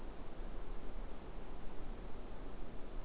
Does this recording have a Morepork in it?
no